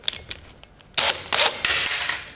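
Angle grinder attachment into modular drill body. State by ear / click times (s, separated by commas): not seated / none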